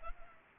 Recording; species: mosquito wingbeat signal from an infrared sensor; Culex pipiens